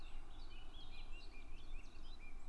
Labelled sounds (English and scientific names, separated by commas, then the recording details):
Eurasian Blackcap (Sylvia atricapilla)
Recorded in Germany
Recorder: ecoPi